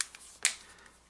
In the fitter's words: snaps into place